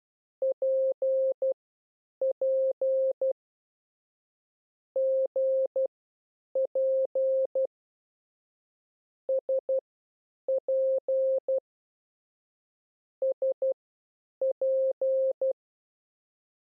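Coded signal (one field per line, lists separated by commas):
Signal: Morse code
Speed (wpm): 12 wpm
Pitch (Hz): 530 Hz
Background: none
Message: PP GP SP SP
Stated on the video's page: Morse code lesson teaching the letters P, S and G.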